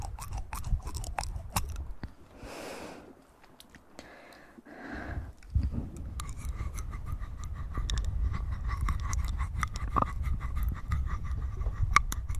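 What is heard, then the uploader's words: Mouth sounds with wet clicks and chewing-like crunches, a breathy exhale near three seconds, then a steady low rumble with scattered clicks. Mouth Sounds & Breathing.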